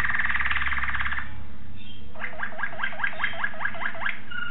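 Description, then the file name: Waterslager canary song: a fast rattling trill, then a series of quick rising notes, over a steady low hum. Song variations. "variasi suara kenari waterslager"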